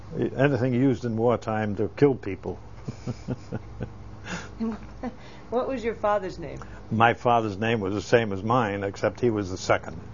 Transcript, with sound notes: Anything used in wartime to kill people. ( he laughs )
What was your father's name?
My father's name was the same as mine, except he was the second.